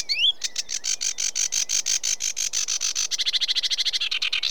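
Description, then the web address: Sedge warbler song: a rising whistled slur, then a run of rasping chattering notes accelerating into a fast, buzzy trill. British birds. "The BBC Sound Effects Library (British Birds) Sedge Warbler"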